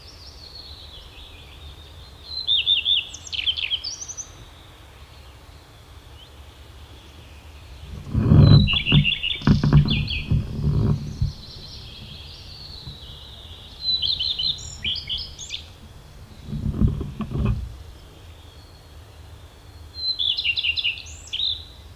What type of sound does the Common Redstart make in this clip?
song